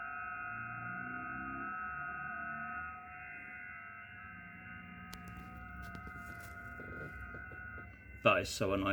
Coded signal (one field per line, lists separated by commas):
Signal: FT8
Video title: A tale of two towers, amateur radio by the sea. POTA